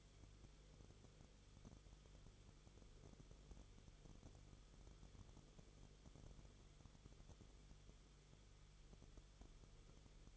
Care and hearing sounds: daily activity, microphone in the room; no activity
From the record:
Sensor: 4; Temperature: 22.9 degrees Celsius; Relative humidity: 34.5%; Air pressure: 1011.5 hPa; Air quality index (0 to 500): 193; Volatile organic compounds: 13 ppm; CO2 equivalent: 2386 ppm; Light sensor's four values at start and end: 2/3/1/1 and 2/3/1/1

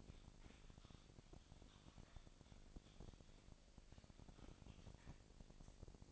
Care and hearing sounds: daily activity, microphone in the room; typing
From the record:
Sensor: 5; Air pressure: 999.3 hPa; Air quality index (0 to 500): 229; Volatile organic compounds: 24 ppm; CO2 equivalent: 2798 ppm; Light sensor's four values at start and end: 33/78/31/30 and 33/78/31/30

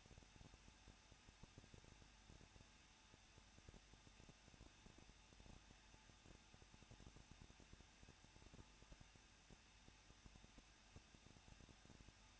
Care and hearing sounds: daily activity, microphone in the room; no activity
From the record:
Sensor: 2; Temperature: 21.0 degrees Celsius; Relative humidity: 37.5%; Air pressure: 1006.2 hPa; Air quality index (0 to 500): 223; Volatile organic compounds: 25 ppm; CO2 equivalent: 2828 ppm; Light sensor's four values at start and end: 2/3/2/2 and 2/3/2/2

